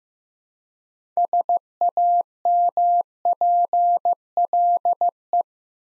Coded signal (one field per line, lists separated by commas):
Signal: Morse code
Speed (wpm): 15 wpm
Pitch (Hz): 700 Hz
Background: none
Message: SAMPLE